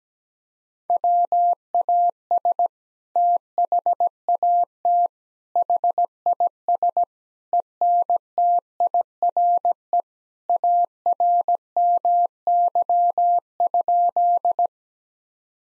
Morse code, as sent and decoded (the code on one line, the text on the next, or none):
.-- .- ... / - .... .- - / .... .. ... / . -. - .. .-. . / .- .-. -- -.-- ..--..
WAS THAT HIS ENTIRE ARMY?